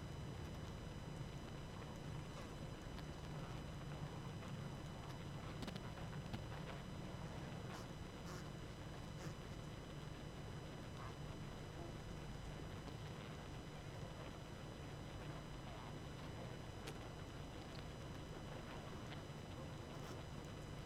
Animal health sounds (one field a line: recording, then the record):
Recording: honeybee colony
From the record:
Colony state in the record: active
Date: 12 June 2018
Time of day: 22:07